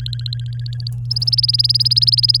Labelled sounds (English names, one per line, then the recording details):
Domestic Canary song
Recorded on 24 April 2018 at 08:59
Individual llb3